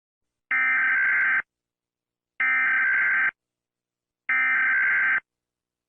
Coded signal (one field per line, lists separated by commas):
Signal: Emergency Alert System (SAME) tones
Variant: header bursts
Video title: Rating EAS Alarms (Part 1)